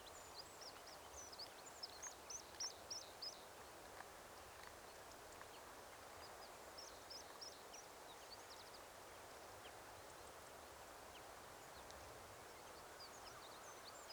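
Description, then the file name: Eurasian wren calling: a quick run of high, sharp ticking notes near the start, with fainter scattered high calls later over steady background hiss. "Troglodytes troglodytes"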